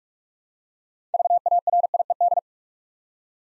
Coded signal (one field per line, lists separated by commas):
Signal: Morse code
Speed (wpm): 44 wpm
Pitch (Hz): 700 Hz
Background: none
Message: VARIED